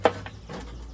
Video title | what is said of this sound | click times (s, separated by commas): Yardbird Chicken Plucker. Replacing plucker fingers. | just that fast, they pop | 0.1 s